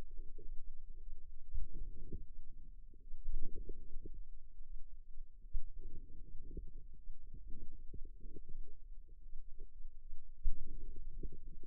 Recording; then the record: forearm muscle sounds (acoustic myography)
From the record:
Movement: outward rotation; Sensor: system 2, bracelet of six BSWA MPA416 microphones around the upper forearm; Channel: 5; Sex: female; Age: 22 years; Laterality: right